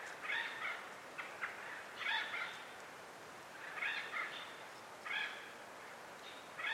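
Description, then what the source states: Mexican Whip-poor-will song: repeated burry phrases at uneven intervals of one to two seconds. Recorded April 23, 2022, at a canyon trailhead in the Chiricahua Mountains, southeast Arizona, near Portal; species heard first; in the contiguous US found only in a very small range, mostly in southeast Arizona.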